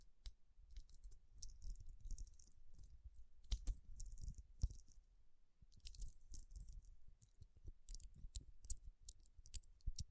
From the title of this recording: Tapping & Rubbing Rhinestone Covered Palms